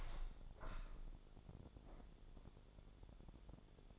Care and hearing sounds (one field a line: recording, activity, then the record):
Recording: daily activity, microphone in the room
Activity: open window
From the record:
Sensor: 5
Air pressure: 1000.5 hPa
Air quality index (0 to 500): 141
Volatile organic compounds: 2 ppm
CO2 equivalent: 1087 ppm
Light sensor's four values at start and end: 41/96/40/43 and 41/96/40/44